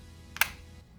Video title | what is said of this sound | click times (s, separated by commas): Truly Wireless Earbuds UNDER 30 - GT1 Haylou | LED's not there, and it's kind of like a magnet, so it snaps back into there. Look, | 0.4 s